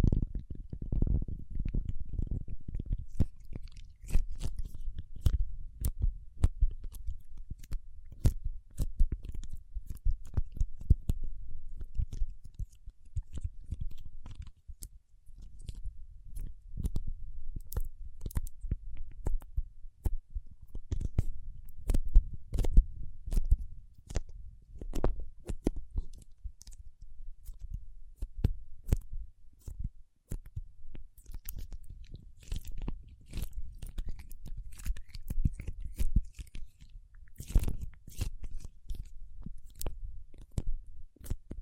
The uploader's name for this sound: Paraffin Wax Peeling, Tapping and Scratching